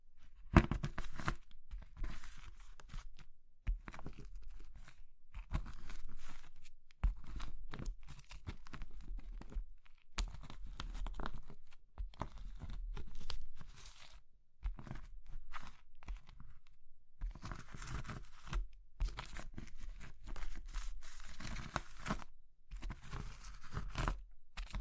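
Crushing of soft crumbly materials like soap, chalk, meringue or pastel, with bursts of dry crunching, crackling and scraping. The crushing comes in irregular clusters separated by brief silences, loudest near the start and again around seventeen to twenty-two seconds, with a faint low hum underneath.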